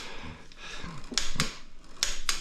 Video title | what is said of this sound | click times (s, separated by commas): Honda Trx400ex rebuild (part 2) | I usually do two clicks just to make sure | 1.2 s, 2.0 s